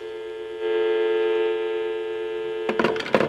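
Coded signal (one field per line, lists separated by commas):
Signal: telephone call progress tone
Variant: North America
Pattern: dial tone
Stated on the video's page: Tones from pocket tone dialers, a Portatouch2 and a modified Radioshack dialer, with a Bell model 500 rotary phone, picked up via telephone pickup and mini amplifier.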